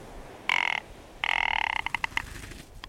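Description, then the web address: Rock Ptarmigan croaking: two drawn-out grating croaks followed by a quick stuttering run of rattled notes. "Attu and its island-hopping rock ptarmigan"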